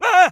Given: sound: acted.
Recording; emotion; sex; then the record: nonverbal affect burst; fear; male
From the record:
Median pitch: 358 Hz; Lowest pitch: 152 Hz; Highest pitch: 514 Hz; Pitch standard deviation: 80 Hz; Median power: 78.0 dB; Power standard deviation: 11.6 dB